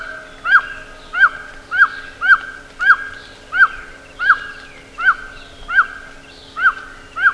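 Bird's repeated call: clear arched notes in an uneven rhythm, with softer higher calls underneath and a faint steady hum.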